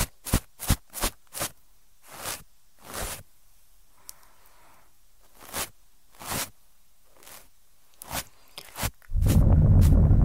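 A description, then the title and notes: Scratchy ear-cleaning sounds: a quick run of four sharp rubs in the first second and a half, then slower, longer swishes spaced a second or two apart with quiet gaps between. Near the end, a loud, rumbling, continuous scraping takes over. ASMR EXTREMELY TINGLY Ear Cleaning Sounds.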